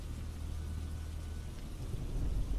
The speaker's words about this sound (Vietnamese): Mưa trút ầm ầm, gió rít ở trên sông như lời ai oán.